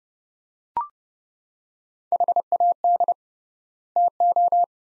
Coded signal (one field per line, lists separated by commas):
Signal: Morse code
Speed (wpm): 30 wpm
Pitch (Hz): 700 Hz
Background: none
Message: HAD TO